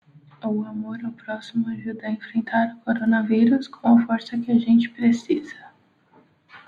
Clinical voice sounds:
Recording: spoken sentence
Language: Brazilian Portuguese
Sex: female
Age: 20 to 29 years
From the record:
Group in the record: control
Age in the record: 27 years

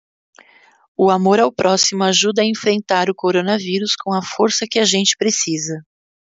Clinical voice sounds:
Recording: spoken sentence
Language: Brazilian Portuguese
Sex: female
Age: 50 to 59 years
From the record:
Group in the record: control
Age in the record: 55 years

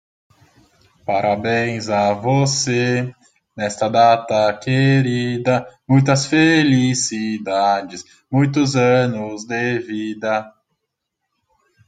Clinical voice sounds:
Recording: short text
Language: Brazilian Portuguese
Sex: male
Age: 20 to 29 years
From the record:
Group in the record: control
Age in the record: 28 years

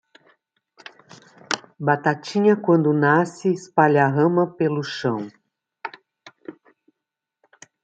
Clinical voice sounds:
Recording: short text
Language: Brazilian Portuguese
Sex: female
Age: 60 to 69 years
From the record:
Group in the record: control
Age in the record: 66 years

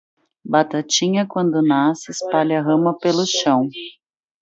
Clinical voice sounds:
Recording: short text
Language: Brazilian Portuguese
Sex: female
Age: 30 to 39 years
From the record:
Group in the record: control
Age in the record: 34 years

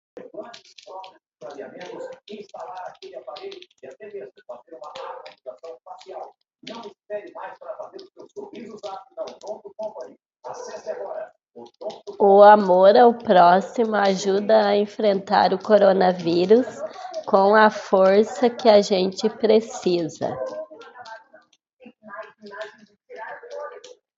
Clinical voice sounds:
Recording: spoken sentence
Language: Brazilian Portuguese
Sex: female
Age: 50 to 59 years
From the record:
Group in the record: control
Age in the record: 51 years

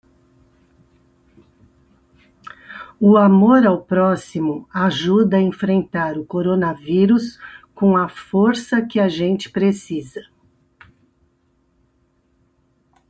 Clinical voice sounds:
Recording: spoken sentence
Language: Brazilian Portuguese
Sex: female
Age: 60 to 69 years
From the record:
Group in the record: control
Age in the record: 63 years

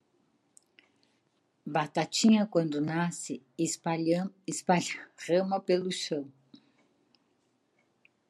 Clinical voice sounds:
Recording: short text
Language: Brazilian Portuguese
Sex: female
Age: 60 to 69 years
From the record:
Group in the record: control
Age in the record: 69 years

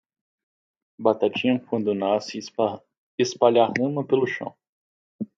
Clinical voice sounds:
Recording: short text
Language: Brazilian Portuguese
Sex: male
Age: 30 to 39 years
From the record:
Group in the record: control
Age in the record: 31 years

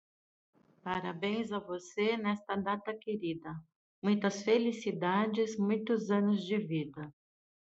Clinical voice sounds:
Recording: short text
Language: Brazilian Portuguese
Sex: female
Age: 50 to 59 years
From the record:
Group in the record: control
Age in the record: 55 years

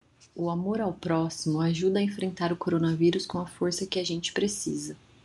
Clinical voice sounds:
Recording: spoken sentence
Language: Brazilian Portuguese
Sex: female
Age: 30 to 39 years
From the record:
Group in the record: control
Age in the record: 35 years

